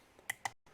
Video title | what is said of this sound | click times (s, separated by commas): Single pin picking a lock. Sunday beginners series (139) | click there click | 0.3 s, 0.5 s